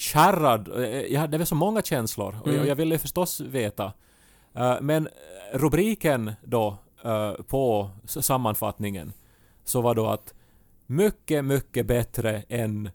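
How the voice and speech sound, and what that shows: Finland-Swedish adult man speaking Swedish with word repetitions, prolonged sounds and many filled pauses: mild stuttering, which in his speech is more or less audible.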